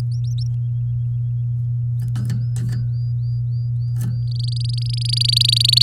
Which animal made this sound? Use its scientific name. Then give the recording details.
Serinus canaria. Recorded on 9 May 2018 at 05:30. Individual llb16